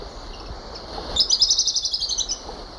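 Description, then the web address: Rufous-browed tyrannulet uttering a fast, high trill of about a dozen pulses against a steady hum. Recorded in Ecuador. "Birds of Ecuador 3. Rufous-Browed Tyrannulet"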